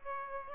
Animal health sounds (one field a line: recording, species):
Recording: mosquito wingbeat signal from an infrared sensor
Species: Aedes aegypti